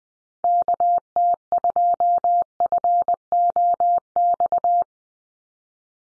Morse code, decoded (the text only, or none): KT2FOX